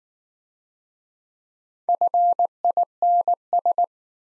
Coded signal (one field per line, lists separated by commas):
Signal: Morse code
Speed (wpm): 19 wpm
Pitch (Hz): 700 Hz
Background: none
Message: FINS